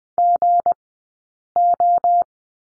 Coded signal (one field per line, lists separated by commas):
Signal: Morse code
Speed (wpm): 20 wpm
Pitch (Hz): 700 Hz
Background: none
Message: GO